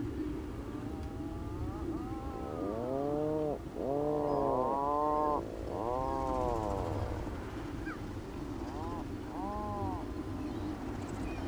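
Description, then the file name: Atlantic puffin giving low, drawn-out moaning groans in several arched phrases, some short and clipped, over a steady rumbling background. "Macareux moine"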